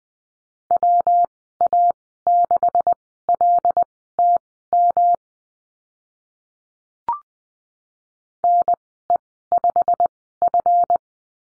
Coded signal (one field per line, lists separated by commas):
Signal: Morse code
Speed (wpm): 19 wpm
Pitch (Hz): 700 Hz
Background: none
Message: WA6LTM NE5F